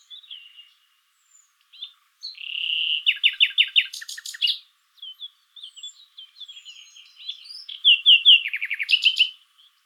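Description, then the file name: Common nightingale singing varied phrases: a buzzy note, rapid repeated chirps and a rattle, soft twitters, then another loud series of descending chirps. "Luscinia megarhynchos"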